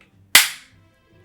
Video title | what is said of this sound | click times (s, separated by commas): Vous vouliez la vérité ? Je dis tout en live (MYM • OnlyFans) | Ah oui, j'ai entendu un clic. | 0.4 s